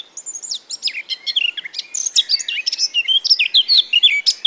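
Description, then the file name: Eurasian blackcap giving a continuous, fast warble of varied whistled and twittering notes, rising and falling, lasting the whole few seconds. "Sylvia atricapilla"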